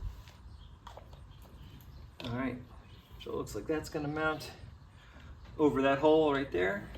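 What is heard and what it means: A plastic mounting piece is lined up over a hole in the frame of a Greenworks Pressure Washer 2000 electric pressure washer during assembly. Faint short ticks and handling sounds come in the first two seconds, then someone talks. Nothing has seated or clicked yet.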